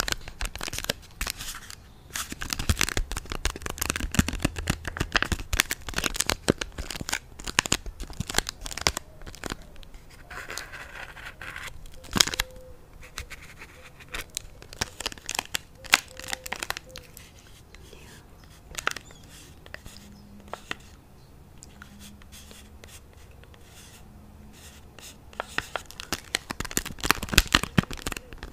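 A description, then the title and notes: Dry eating sounds: a dense run of crisp clicks, crunches and wrapper crinkles, heaviest in the first ten seconds and again near the end. The middle is quieter, with sparse mouth clicks and a few faint low hums. Eating a bar (mouth sounds, eating sounds, crinkling sounds).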